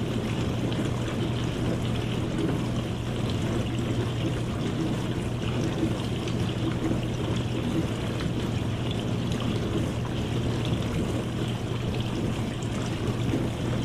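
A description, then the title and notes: A dishwasher runs with a steady, unbroken rush of churning water and a low motor hum underneath. The sound stays even and dense throughout, with no distinct clunks or pauses, mostly low and full with a softer hiss above. Dishwasher White Noise.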